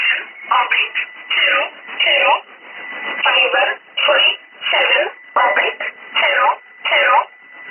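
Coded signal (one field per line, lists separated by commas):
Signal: numbers station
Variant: E11 Oblique, English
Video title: 08 11 2017 Numbers station E11 Oblique in English to Eu 0900 on 9446 unknown tx site in USB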